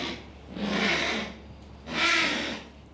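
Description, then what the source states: Kākāpō chick calls: two harsh, breathy, rasping squawks. Nora, a kākāpō chick hand-reared briefly in Invercargill then raised in a nest by a mother, approaching at a vet hospital during the Whenua Hou aspergillosis outbreak; can be heard from a long way off.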